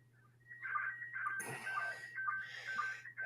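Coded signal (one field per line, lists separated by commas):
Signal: SSTV (slow-scan television)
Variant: PD120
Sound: warbling tones alternating between two pitches, with short low chirps about twice a second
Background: radio static, mains hum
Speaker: And it's showing about S9 on the meter here.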